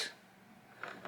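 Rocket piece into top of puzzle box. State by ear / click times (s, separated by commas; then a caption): seated / 0.8 s. With the side button held in, a rocket piece is pushed down into the top of a To The Moon puzzle box, and the button is released. After a faint hiss and a quiet stretch, the rocket snaps into place with a sharp click at 0.8 s, followed by a softer click near 1.1 s. The rocket is seated.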